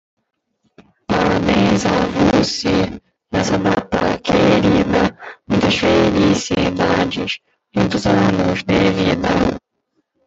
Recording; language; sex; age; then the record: short text; Brazilian Portuguese; male; 18 to 19 years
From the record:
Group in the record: control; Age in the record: 18 years